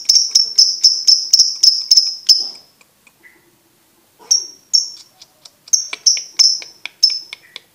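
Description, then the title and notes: Lovebird song: a fast string of piercing chirps, a brief silence, then the chirping series starting again. For birds to learn the ngekek song style. "MASTERAN BURUNG. Belajar Ngekek. lofbet"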